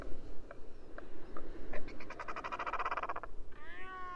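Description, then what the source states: Royal albatross calls: scattered dry clicks build into a buzzy, rattling harmonic burst, then a wavering moan near the end over a steady low background rumble. Several royal albatrosses singing.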